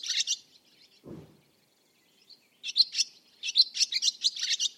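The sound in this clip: Barn swallow calls: bursts of high, buzzy chattering twitters in quick clusters, with a short low thump near the start.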